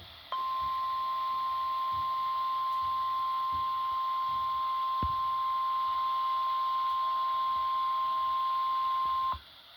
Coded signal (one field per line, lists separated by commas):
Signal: Emergency Alert System (SAME) tones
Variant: 1050 Hz attention tone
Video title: 7-16-2025 Required Weekly Test (EAS #18)